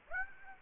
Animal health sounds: mosquito wingbeat signal from an infrared sensor; Aedes aegypti

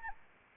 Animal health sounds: mosquito wingbeat signal from an infrared sensor; Anopheles arabiensis

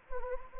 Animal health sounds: mosquito wingbeat signal from an infrared sensor; Anopheles gambiae

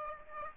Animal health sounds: mosquito wingbeat signal from an infrared sensor; Aedes aegypti

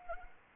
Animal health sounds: mosquito wingbeat signal from an infrared sensor; Anopheles arabiensis

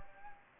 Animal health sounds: mosquito wingbeat signal from an infrared sensor; Anopheles gambiae

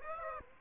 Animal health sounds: mosquito wingbeat signal from an infrared sensor; Aedes aegypti

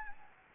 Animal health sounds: mosquito wingbeat signal from an infrared sensor; Anopheles gambiae

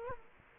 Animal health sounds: mosquito wingbeat signal from an infrared sensor; Culex quinquefasciatus

